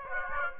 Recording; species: mosquito wingbeat signal from an infrared sensor; Aedes aegypti